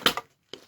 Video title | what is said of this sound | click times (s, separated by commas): Pilot knife review | you hear that click and you know that is now locked in place okay | 0.1 s